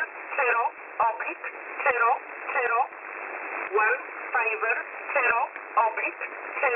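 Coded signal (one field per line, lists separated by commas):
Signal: numbers station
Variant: E11 Oblique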